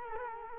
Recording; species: mosquito wingbeat signal from an infrared sensor; Culex quinquefasciatus